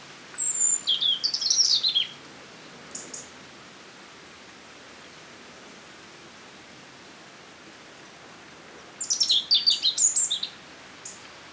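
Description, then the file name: European robin song: two bursts of high, thin, warbling phrases with quick jumping notes, one at the start and one near the end, separated by quiet hiss with a brief faint note. "Erithacus rubecula"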